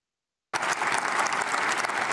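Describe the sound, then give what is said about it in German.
An audience breaks into applause after a brief silence, a dense, steady wash of many hands clapping that stays loud and even until the end, with no voices heard. “Warum erzählt er da irgendwie Märchen und die Leute klatschen auch noch?”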